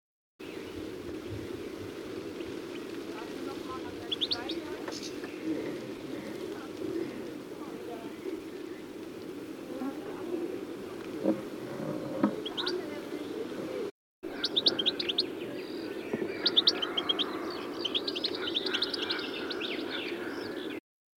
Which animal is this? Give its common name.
European Goldfinch